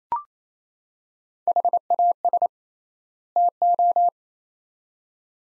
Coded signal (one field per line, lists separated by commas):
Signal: Morse code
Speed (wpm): 28 wpm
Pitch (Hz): 700 Hz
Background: none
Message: HAS TO